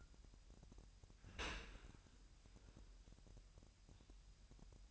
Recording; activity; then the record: daily activity, microphone in the room; open dishwasher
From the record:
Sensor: 2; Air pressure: 998.1 hPa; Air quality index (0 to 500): 147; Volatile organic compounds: 4 ppm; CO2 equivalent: 1668 ppm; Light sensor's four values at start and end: 10/29/11/11 and 10/29/11/11